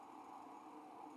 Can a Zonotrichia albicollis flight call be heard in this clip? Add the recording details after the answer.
no. No flight call is heard. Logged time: 03:34 on 5 December 2014